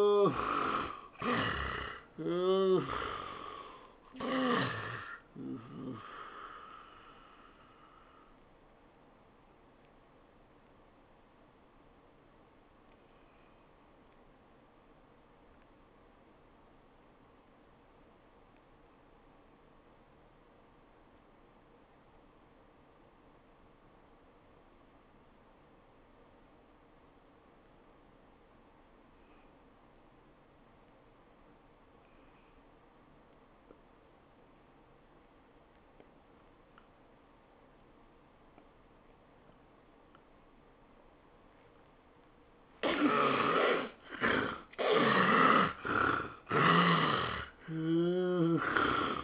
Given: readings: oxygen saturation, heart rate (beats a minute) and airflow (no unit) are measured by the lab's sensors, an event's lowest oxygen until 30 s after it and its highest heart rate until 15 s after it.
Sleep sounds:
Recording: breathing in sleep by a voice recorder at the bedside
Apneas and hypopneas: 1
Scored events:
18.00-43.50 s: obstructive apnea (N1, oxygen 92% highest, then 66% lowest, heart rate 83 at the start, 104 highest)
18.00-48.00 s: new sleep stage, N2 (light sleep)
48.00-49.24 s: new sleep stage, N1 (lightest sleep)
From the record:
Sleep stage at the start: N1 (lightest sleep)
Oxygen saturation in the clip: 68 to 92%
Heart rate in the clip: 77 to 105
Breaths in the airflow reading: 5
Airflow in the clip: -21.1 to 15.1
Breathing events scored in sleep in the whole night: 403 in 5.5 hours asleep

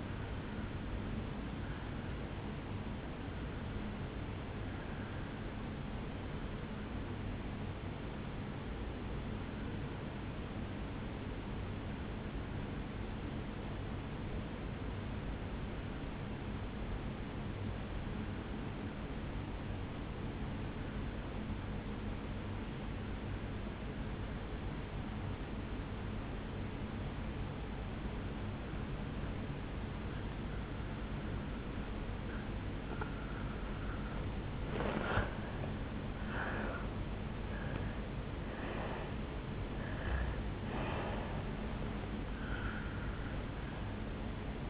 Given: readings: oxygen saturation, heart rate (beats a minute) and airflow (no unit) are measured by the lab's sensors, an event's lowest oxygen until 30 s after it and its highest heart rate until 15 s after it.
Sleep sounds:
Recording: breathing in sleep by a voice recorder at the bedside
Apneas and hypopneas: 1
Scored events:
6.00-34.10 s: obstructive apnea (N2, oxygen 96% highest, then 83% lowest, heart rate 55 at the start, 76 highest)
37.00-44.70 s: new sleep stage, N1 (lightest sleep)
From the record:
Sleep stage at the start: N2 (light sleep)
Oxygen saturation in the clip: 84 to 96%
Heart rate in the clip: 53 to 76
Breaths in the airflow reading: 3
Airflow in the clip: -8.7 to 7.1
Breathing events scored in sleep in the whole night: 449 in 7.0 hours asleep

